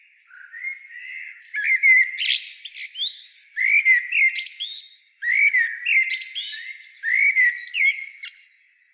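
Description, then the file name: Common blackbird singing four evenly spaced phrases, each starting with a mellow whistled note and ending in a thin squeaky twitter. "Turdus merula"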